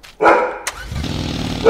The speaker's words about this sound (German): Wenn er bellt, wird's laut, ne? Großer Bär.